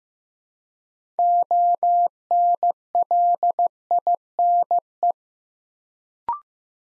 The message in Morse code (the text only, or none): ONLINE